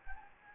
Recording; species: mosquito wingbeat signal from an infrared sensor; Anopheles gambiae